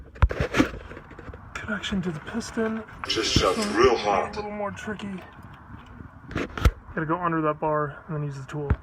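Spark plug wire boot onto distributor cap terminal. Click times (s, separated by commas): 0.2 s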